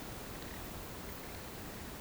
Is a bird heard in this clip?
no